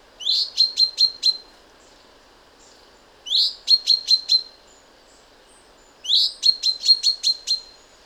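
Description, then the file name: Common chaffinch calling in three bursts, each a quick rising slur followed by five or six sharp, evenly spaced notes on one pitch, about every three seconds. "Fringilla coelebs"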